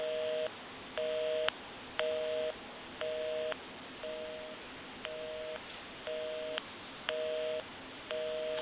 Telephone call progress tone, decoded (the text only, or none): busy tone